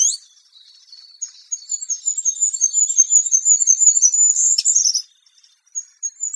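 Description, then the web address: Bird giving a thin, high-pitched run of quick chirps and trills that swells in the middle, then fades to a few scattered notes. "cianscape. Deverinetal 2025. Bird Only"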